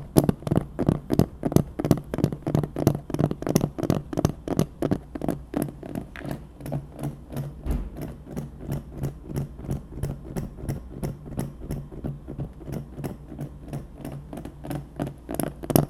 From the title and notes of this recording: ASMR TAPPING on Dark things 黒いものにタッピング.